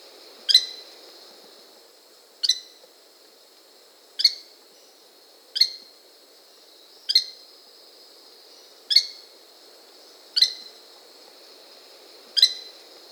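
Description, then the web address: White-eyed tody-tyrant calling: short, sharp, high chips repeated at regular intervals, eight in all, over a faint low hum. Recorded in Peru; Amazon region. "Birds of the Amazon 3. White-eyed Tody-Tyrant (Hemitriccus zosterops), Peru"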